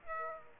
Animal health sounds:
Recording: mosquito wingbeat signal from an infrared sensor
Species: Aedes aegypti

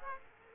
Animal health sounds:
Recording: mosquito wingbeat signal from an infrared sensor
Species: Aedes aegypti

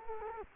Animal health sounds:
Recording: mosquito wingbeat signal from an infrared sensor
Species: Culex quinquefasciatus

